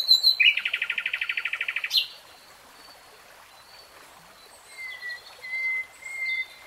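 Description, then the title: Nightingale song opening with a rapid, buzzy rattle of evenly spaced notes, followed by quieter, scattered whistles. Singing; from a 3-hour real-time recording. "[Tiếng chim hót] 3 Hours REALTIME Nightingale Singing"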